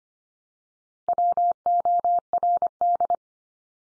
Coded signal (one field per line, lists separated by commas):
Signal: Morse code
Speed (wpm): 25 wpm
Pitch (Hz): 700 Hz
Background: none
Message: WORD